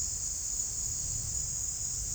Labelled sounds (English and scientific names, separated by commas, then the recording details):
none
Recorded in dense forest near Puerto Asís, Putumayo, Colombia, on 4 March 2025 at 16:30
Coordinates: 0.499, -76.324
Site GP03